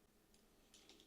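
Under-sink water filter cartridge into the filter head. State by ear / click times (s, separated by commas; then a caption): not seated / none. An under-sink water filter cartridge is handled at its filter head before being pushed up and twisted to lock. Faint scraping and light plastic ticks are heard, with sharper taps near 0.9, 1.0 and 1.1 seconds. Nothing has seated or clicked yet.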